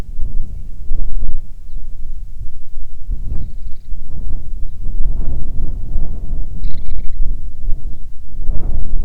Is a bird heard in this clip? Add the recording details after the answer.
yes. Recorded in the Arctic National Wildlife Refuge, Alaska, on 9 July 2019 at 22:38. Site 48